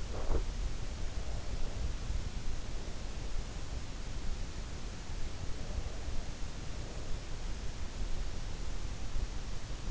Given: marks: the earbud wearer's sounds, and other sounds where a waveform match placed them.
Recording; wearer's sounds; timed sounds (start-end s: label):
sounds in sleep by an in-ear microphone; breath
0.00-0.55 s: breath